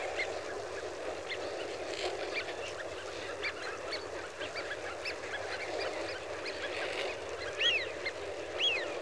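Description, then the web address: Eurasian wigeon flock calling, dense chatter of short whistled notes, with a couple of clearer drawn-out whistles near the end, over steady background noise. "The BBC Sound Effects Library. Wigeon (Anas Penelope) Flock"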